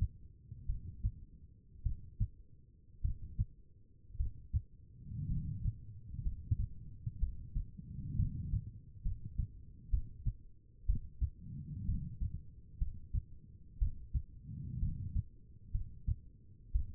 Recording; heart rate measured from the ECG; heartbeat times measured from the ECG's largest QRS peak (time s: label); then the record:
heart sounds by stethoscope; 60 bpm
0.67 s: heartbeat
1.83 s: heartbeat
3.02 s: heartbeat
4.17 s: heartbeat
5.28 s: heartbeat
6.23 s: heartbeat
7.20 s: heartbeat
8.17 s: heartbeat
9.03 s: heartbeat
9.91 s: heartbeat
10.86 s: heartbeat
11.86 s: heartbeat
12.79 s: heartbeat
13.79 s: heartbeat
14.80 s: heartbeat
15.72 s: heartbeat
16.72 s: heartbeat
From the record:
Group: healthy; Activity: rest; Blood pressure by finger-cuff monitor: 88/55 mmHg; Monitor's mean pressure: 64 mmHg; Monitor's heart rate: 54 bpm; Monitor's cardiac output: 4.5 L/min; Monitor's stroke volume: 83 mL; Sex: female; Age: 36 years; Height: 163 cm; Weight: 88 kg